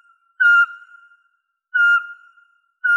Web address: Glaucidium passerinum